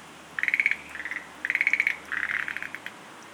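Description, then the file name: Schlegel's green tree frog giving four quick rattling pulsed croaks in a row, alternating sharper and rougher bursts. "rodolphe alexis - rhacophorus schlegelii"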